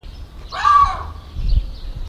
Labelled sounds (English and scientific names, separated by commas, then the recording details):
Bateleur (Terathopius ecaudatus) call
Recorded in captivity
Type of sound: call
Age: adult
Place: Zoo Berlin, Berlin, DE
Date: 1994-05-07 11:07
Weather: heiter, 12-18°C
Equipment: Marantz CP 430, Sennheiser ME 80, Kopie Uher Variocord 263
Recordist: Tembrock, Günter
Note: Ein Ruf